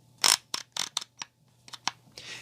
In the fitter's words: because you want to be able to be as comfortable as possible so you can hear the clicking